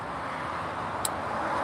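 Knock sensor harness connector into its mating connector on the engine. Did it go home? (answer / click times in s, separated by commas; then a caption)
yes / 1.1 s. On a Lexus RX 330, the knock sensor wire harness plug is pushed back onto its mating connector on the engine against steady broadband background noise. A single short, sharp click at 1.1 s confirms the connector is seated and locked.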